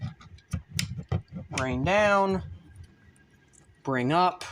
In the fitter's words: and then this is going to snap upwards into place repeat on the same side